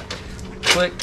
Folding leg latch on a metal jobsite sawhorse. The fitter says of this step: don't same thing though on this side as well click pull click click